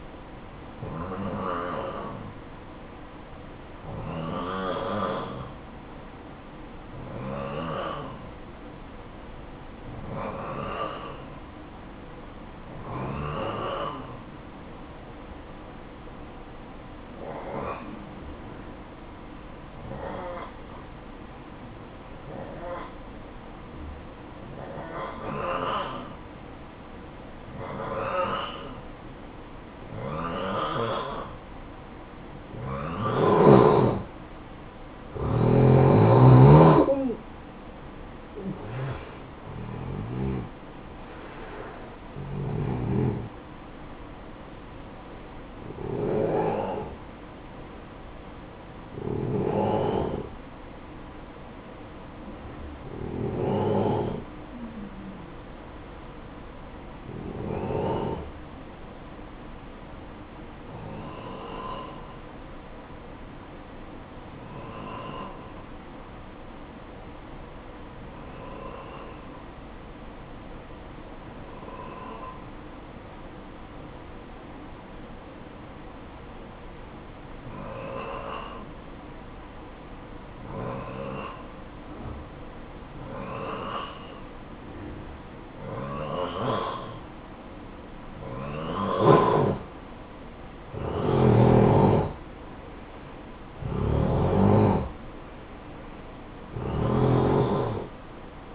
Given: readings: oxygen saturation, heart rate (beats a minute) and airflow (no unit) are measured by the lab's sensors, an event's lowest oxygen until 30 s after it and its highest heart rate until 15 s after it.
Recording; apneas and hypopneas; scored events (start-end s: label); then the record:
breathing in sleep by a voice recorder at the bedside; 3
4.00-35.80 s: hypopnea (N2, oxygen 92% highest, then 90% lowest, heart rate 56 at the start, 68 highest)
45.00-55.40 s: hypopnea (N1, oxygen 93% highest, then 90% lowest, heart rate 68 at the start, 68 highest)
45.00-75.00 s: new sleep stage, N1 (lightest sleep)
62.00-88.50 s: hypopnea (N1, oxygen 95% highest, then 90% lowest, heart rate 60 at the start, 62 highest)
75.00-98.54 s: new sleep stage, N2 (light sleep)
From the record:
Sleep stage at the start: N2 (light sleep); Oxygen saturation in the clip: 89 to 95%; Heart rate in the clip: 53 to 68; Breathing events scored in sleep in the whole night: 573 in 9.8 hours asleep